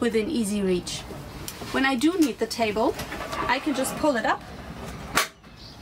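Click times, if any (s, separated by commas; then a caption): 5.2 s. Someone talks while pulling up the folding leaf of the cockpit table on a Hanse 348 sailing yacht. A single sharp click sounds at 5.2 seconds as the leaf's hinge lock engages, fixing it in its locked open position.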